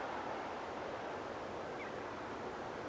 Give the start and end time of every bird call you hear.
[1.78, 1.90] Eurasian Coot (Fulica atra) (1.5-3.6 kHz)

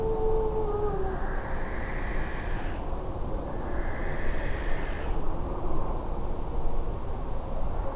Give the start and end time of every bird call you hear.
[0.72, 2.86] Western Barn Owl (Tyto alba) (1.3-4.6 kHz)
[3.46, 5.22] Western Barn Owl (Tyto alba) (1.4-4.6 kHz)

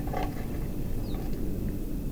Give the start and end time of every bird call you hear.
[1.02, 1.18] Ortolan Bunting (Emberiza hortulana) (3.3-5.3 kHz)

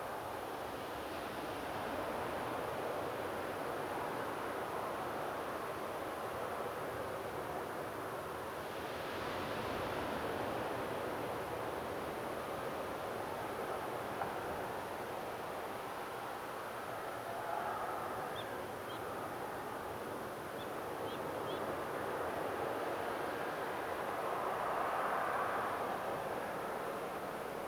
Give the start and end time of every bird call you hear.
[18.35, 18.43] Black-necked Grebe (Podiceps nigricollis) (3.2-3.7 kHz)
[18.89, 18.98] Black-necked Grebe (Podiceps nigricollis) (2.7-4.3 kHz)
[20.58, 20.64] Black-necked Grebe (Podiceps nigricollis) (3.1-3.7 kHz)
[21.05, 21.17] Black-necked Grebe (Podiceps nigricollis) (2.6-4.2 kHz)
[21.46, 21.60] Black-necked Grebe (Podiceps nigricollis) (2.7-4.3 kHz)

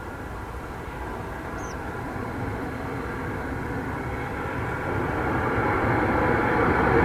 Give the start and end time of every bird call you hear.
[1.57, 1.74] Tree Pipit (Anthus trivialis) (4.5-7.0 kHz)

